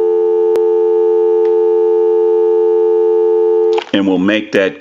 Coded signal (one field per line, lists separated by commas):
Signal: telephone call progress tone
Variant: North America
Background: speech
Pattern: dial tone